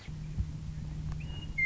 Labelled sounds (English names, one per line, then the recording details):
Western Meadowlark
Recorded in Sonoma County, California